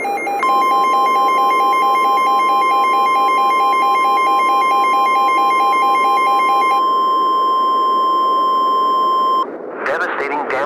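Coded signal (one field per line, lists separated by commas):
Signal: Emergency Alert System (SAME) tones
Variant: 1050 Hz attention tone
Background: speech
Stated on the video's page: Fictional hurricane scenario in analog horror, found-footage style.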